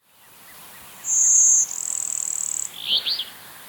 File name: Vermivora cyanoptera - Blue-winged Warbler